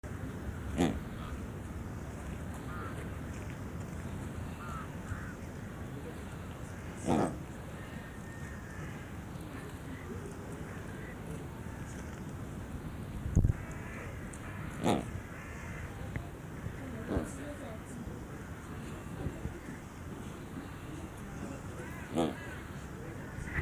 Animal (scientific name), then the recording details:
Coscoroba coscoroba. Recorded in captivity. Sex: pair. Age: adult. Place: Zoo Berlin, Berlin, DE. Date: 2004-12-30 15:25. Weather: cloudy, 2°C. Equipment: Sony WM-D6C, Sennheiser ME 80, Kopie Uher 4000 Report Monitor. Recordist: Tembrock, Günter. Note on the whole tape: Paar: Kurzlaute